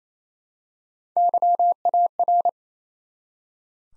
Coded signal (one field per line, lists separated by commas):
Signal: Morse code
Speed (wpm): 28 wpm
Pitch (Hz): 700 Hz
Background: none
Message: YAR